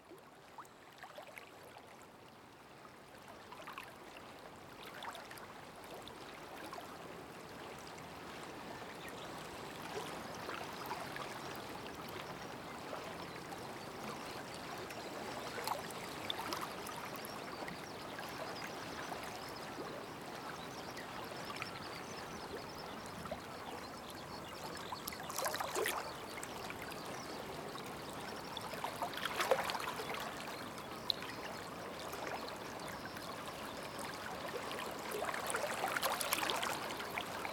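A river flows steadily this morning, a dense bright rush of water that grows slightly louder and busier after about twenty-five seconds.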